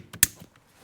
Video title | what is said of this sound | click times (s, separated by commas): 2005-2012 Toyota Avalon Horn Diagnosis and Repair How To DIY | This yellow one just goes in till it clicks. | 0.2 s